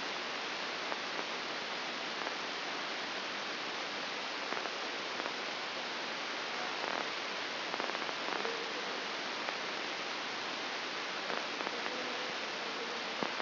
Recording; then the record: brain microelectrode recording played as sound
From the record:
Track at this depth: outside the subthalamic nucleus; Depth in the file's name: 7.06 mm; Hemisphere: left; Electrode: 2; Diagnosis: Parkinson's disease